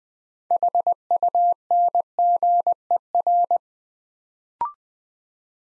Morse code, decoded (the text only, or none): HUNGER